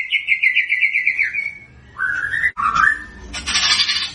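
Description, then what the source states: White-rumped shama song: a fast trilled whistle held level, then a rising whistled phrase and a harsh buzzy burst at the end. Lure recording used to make white-rumped shamas respond; bird described as singing actively and loudly.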